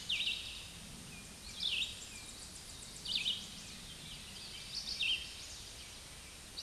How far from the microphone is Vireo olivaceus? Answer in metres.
about 35 m